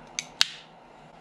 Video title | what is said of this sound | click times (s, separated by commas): Making lures for ice fishing at Flaming Gorge | that snap tells me that all is well I can see down there that we're | 0.2 s, 0.4 s